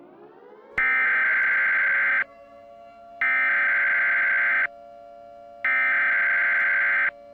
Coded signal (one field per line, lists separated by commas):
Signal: Emergency Alert System (SAME) tones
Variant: header bursts